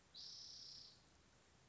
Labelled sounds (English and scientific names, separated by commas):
Spotted Towhee (Pipilo maculatus)